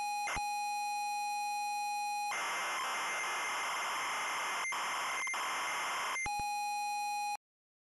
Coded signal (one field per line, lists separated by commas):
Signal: ZX Spectrum tape loading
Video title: [ZX Spectrum] And Yet It Works! (48K edition) - 001